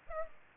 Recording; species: mosquito wingbeat signal from an infrared sensor; Aedes aegypti